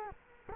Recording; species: mosquito wingbeat signal from an infrared sensor; Culex quinquefasciatus